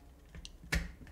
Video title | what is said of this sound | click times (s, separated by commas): I Made My Own 230V Hook Up Cable - VW Transporter 6.1 | push it around until it clicks like that unscrew it and then it comes off okay | 0.7 s